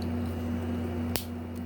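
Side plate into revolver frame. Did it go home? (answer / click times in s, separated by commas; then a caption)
yes / 1.2 s. The steel side plate of a polished stainless 1997 Taurus Model 85 revolver, during a bobbed hammer change, is pressed back onto the frame so its lip goes under the frame edge. A single sharp snap is heard at 1.2 s over a steady low hum, and the side plate is seated in the frame.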